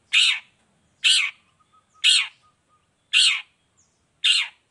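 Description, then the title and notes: Long-tailed shrike giving a loud, harsh, grating call, repeated roughly once a second, five times, with silence between. Singing in the morning; song with 'toet toet' variation, described as clear-voiced, fully varied and easy for any long-tailed shrike to imitate. "Cendet Gacor Dor Di Kala Pagi Toet Toet Variasi Suara. Cendet Gacor Suara Jernih Full Variasi Sangat Mudah Di Tiru Cendet Jenis Apapun. Burung cendet"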